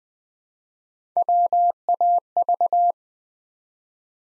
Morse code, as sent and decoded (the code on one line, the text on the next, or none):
.-- .- ...-
WAV